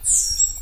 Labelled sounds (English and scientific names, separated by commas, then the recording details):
Stitchbird (Notiomystis cincta) song
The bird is a male
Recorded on Tiritiri Matangi Island, New Zealand, in 2005
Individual 16, of nest box 24